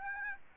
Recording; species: mosquito wingbeat signal from an infrared sensor; Aedes aegypti